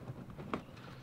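An engine air intake part is wiggled into a tight mounting slot under the hood, with faint handling noise before it snaps on. A sharp click at 0.5 seconds confirms the part is seated.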